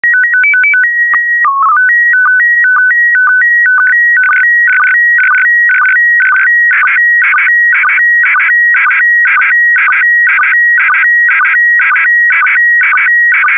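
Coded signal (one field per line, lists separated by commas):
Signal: SSTV (slow-scan television)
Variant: PD120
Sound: short warbling start tone, then steady buzzy tones alternating with ticking sync every half-second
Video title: (08 of 12) ISS Expedition 66 - ARISS Series 19 Lunar Exploration - Retransmission SSTV PD120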